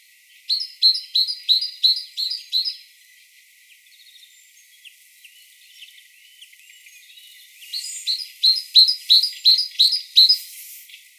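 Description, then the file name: Great tit singing a bright, see-sawing two-note phrase about seven times, then a quiet spell with soft twitters before another fast run of the same phrase. "Parus major"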